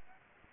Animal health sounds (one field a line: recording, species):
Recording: mosquito wingbeat signal from an infrared sensor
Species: Anopheles gambiae